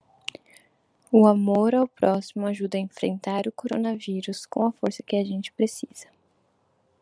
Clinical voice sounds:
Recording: spoken sentence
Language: Brazilian Portuguese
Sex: female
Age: 20 to 29 years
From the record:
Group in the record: control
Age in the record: 24 years

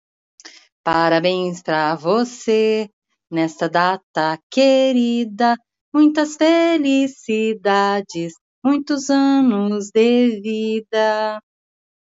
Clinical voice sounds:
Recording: short text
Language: Brazilian Portuguese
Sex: female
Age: 50 to 59 years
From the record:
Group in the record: control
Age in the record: 58 years

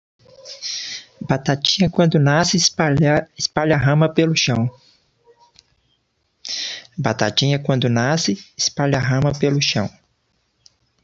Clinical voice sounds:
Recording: short text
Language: Brazilian Portuguese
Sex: male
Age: 30 to 39 years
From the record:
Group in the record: control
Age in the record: 37 years

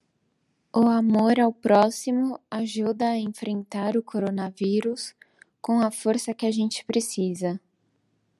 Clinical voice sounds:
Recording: spoken sentence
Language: Brazilian Portuguese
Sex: female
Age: 30 to 39 years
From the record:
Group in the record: control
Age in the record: 30 years

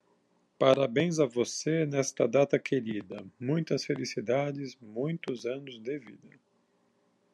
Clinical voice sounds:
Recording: short text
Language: Brazilian Portuguese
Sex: female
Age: 30 to 39 years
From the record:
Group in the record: control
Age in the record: 37 years

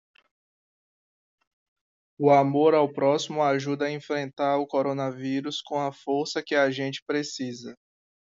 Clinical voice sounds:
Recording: spoken sentence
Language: Brazilian Portuguese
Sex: male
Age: 20 to 29 years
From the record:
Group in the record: control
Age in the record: 28 years

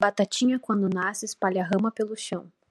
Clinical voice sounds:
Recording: short text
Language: Brazilian Portuguese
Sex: female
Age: 20 to 29 years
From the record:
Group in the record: control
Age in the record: 20 years

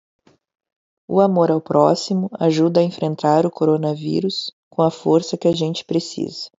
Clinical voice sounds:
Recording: spoken sentence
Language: Brazilian Portuguese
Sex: female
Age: 30 to 39 years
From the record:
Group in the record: control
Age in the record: 39 years

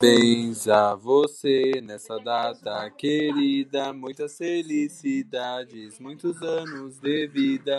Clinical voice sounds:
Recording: short text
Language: Brazilian Portuguese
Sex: male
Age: 20 to 29 years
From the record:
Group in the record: control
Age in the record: 23 years

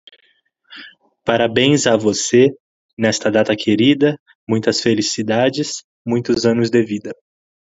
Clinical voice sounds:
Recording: short text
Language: Brazilian Portuguese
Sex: male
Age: 20 to 29 years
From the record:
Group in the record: control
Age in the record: 21 years

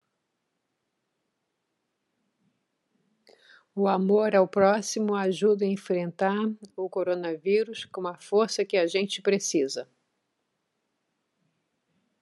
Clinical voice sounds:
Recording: spoken sentence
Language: Brazilian Portuguese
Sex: female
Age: 60 to 69 years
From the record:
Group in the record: control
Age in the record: 61 years

